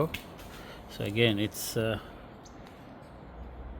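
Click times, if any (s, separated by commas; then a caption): none. A windshield wiper blade for a Ram 1500 is being lined up with the hook on the wiper arm so it can engage, before it is pushed up and snapped home. Someone talks over faint handling noise, with a soft tick near 2.7 s. Nothing has seated or clicked yet.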